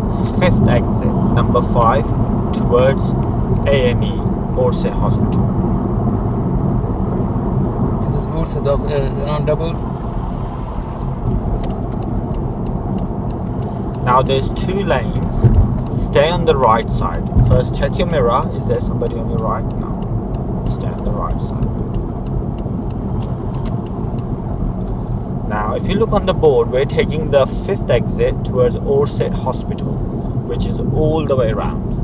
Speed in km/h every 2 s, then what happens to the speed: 69, 69, 69, 69, 71, 69, 68, 66, 66, 64, 64, 63, 63, 61, 60, 58.
0-9 steady at about 69. 9-32 slows to 58.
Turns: none.